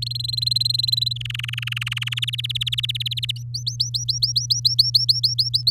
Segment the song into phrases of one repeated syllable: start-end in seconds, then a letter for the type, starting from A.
0.02-1.13 A, 1.16-2.19 B, 2.22-3.31 C, 3.36-5.71 D